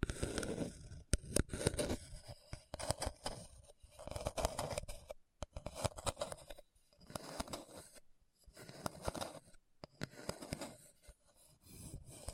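Scratching on a hard, bumpy surface, coming in uneven bursts of rough scraping with short gaps of silence around 5, 8 and 9.5 seconds. Each stroke is gritty and full-bodied, dotted with sharp clicks and ticks as the scratching catches on the bumps.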